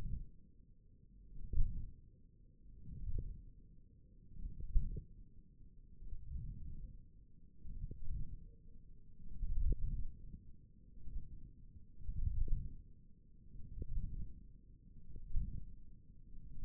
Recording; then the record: forearm muscle sounds (acoustic myography)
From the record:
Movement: ulnar deviation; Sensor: system 1, eight BSWA MPA416 microphones around the upper forearm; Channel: 1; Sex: male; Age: 20 years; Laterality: left